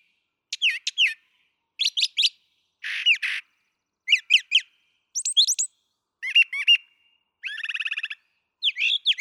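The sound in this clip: Brown thrasher song with phrases mostly given twice: slurred whistles, a harsh rasping note, quick chips and a dry buzzy trill, spaced by brief pauses.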